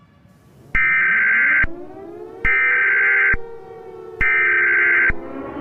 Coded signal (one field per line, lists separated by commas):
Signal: Emergency Alert System (SAME) tones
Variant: header bursts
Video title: EAS Scenario #14: Zombie Spinosaurus (Very Late Halloween Special)